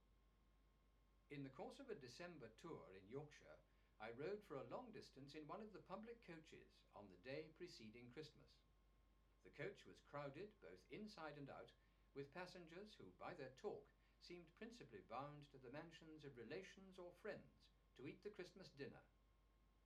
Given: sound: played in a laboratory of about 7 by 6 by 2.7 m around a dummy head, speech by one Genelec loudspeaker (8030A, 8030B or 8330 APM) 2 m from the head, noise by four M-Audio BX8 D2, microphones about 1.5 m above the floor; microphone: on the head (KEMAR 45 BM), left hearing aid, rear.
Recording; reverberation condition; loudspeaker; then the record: male speech in English; low; 60 degrees to the left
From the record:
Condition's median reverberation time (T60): about 310 ms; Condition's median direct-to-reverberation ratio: about 3.5 dB